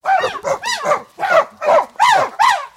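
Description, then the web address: Chimpanzee calls: a series of harsh, arched calls rising and falling in pitch, delivered in quick bursts with short gaps between them. "Nestle Animal Planet Land. CHIMPS"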